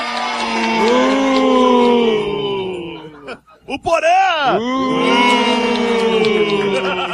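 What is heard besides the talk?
audience booing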